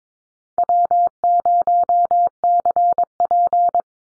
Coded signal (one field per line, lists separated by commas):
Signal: Morse code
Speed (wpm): 22 wpm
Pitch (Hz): 700 Hz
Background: none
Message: W0CP